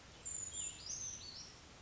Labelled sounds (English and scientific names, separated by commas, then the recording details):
Brown Creeper (Certhia americana)
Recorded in Sonoma County, California